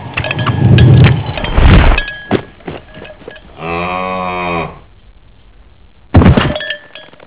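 Cow giving one low, buzzy moo lasting about a second, between loud engine-like rumbles and thuds.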